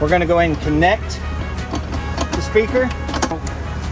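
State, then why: Seated. Someone talks while the rear speaker wiring harness plug is pushed into the speaker's terminal connector during a rear speaker pod install on a Ford Bronco. A short, sharp click is heard at 3.5 s as the connector seats.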